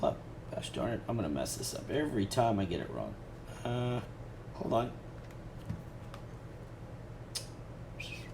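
Someone talks while turning a micro SD card over to work out whether it goes label up or label down before pushing it into the card slot of a FrSky X-Lite S radio transmitter. Only small handling ticks are heard; the card has not been inserted and nothing has clicked into place yet.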